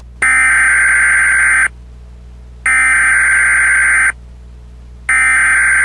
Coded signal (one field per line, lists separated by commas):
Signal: Emergency Alert System (SAME) tones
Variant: header bursts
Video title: Shattered Dawn [EAS Scenario/Analog Horror] - Foxtrot Foundation